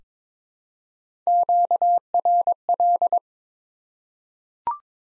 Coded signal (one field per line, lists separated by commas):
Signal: Morse code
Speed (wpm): 22 wpm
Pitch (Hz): 700 Hz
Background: none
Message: QRL